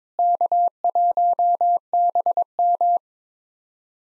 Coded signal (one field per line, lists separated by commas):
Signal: Morse code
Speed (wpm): 22 wpm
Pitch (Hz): 700 Hz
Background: none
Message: K1BM